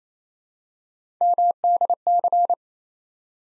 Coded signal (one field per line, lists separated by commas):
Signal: Morse code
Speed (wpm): 27 wpm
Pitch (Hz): 700 Hz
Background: none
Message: MDC